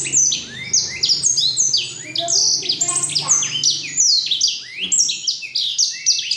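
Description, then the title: Black-throated canary song, fast continuous sequences of high downward-slurred notes and trills, energetic and unbroken throughout. Exceptional black-throated canary from Jombang. "Burung blackthroat Istimewa dari Jombang"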